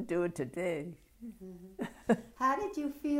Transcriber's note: laughs